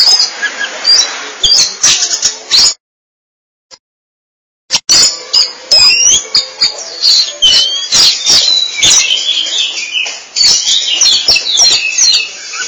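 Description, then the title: Oriental magpie-robin with scratchy, harsh notes, a short silence, then a dense burst of varied chattering and whistled phrases. "Suara Kicauan Burung Kacer"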